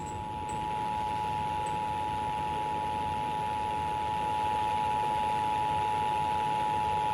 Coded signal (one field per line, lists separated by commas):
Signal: Emergency Alert System (SAME) tones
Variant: 853 and 960 Hz attention tone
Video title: ALMOST MOCKED TENNESSEE | New Jersey Required Monthly Test on WCZT-FM (9/21/21) (EAS #251)